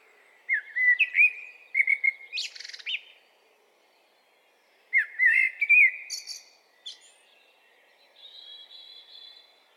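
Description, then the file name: Eurasian blackbird singing: two low, mellow fluted phrases, each closing in a squeaky high twitter, about four seconds apart, with a thin high note near the end. "Turdus merula"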